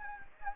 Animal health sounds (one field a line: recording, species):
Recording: mosquito wingbeat signal from an infrared sensor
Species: Anopheles gambiae